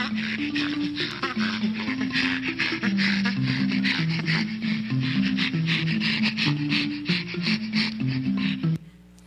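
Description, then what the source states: Chimpanzee laughter: rapid breathy panting pulses, about four per second, running throughout over a low stepped melodic tone. Laughter, similar to human laughing.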